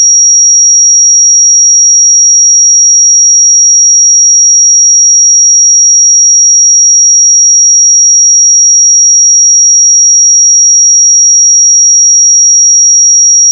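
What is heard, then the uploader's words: A pure sine tone at 5675 Hz holds perfectly steady for the full fourteen seconds, a single thin, high, piercing pitch. The level never changes, and nothing else sounds beneath or around it. 5675 Hz 1 Hz Interval Sine Pure Tone Frequency 441000 Sample Mono.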